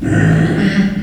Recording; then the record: squeal of a Yucatan mini pig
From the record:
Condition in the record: after surgery on the right vocal fold (resection and tissue-engineered implant); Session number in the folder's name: 1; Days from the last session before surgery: 13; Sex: female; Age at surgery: 19 weeks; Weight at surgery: 25 kg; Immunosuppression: prednisolone